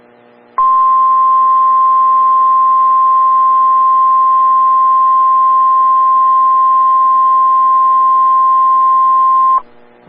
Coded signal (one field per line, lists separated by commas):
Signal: Emergency Alert System (SAME) tones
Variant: 1050 Hz attention tone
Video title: EAS #2,970-2,972 Earth Day Required Weekly Tests